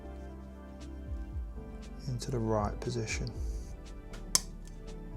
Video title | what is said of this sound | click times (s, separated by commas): Building Issue 3 – Fanhome Fast & Furious Supra - Turn Signals & Reflectors Installed | Just a little click and it's in. | 4.4 s